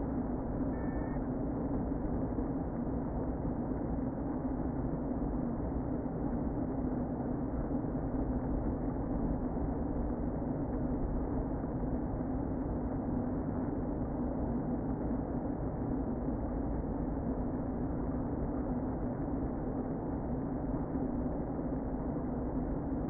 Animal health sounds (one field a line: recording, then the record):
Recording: honeybee colony, microphone inside the hive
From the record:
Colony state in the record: queen present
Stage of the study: before two queens were removed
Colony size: about 60,000 bees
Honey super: yes